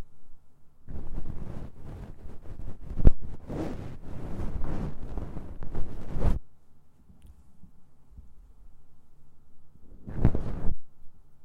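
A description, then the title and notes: Ear cleaning sounds: a dense, scratchy rustling runs from about the first second to six seconds, with sharp clicks near three and six seconds. A quiet pause with a low steady hum follows, then a brief rustling burst returns around ten seconds. ASMR Mouth Sounds Ear Cleaning.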